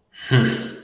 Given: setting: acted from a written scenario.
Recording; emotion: vocal sound without words; contempt